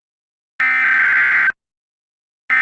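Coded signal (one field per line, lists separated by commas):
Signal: Emergency Alert System (SAME) tones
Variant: header bursts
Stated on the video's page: Fictional recreation of an EAS hijack; fake alert.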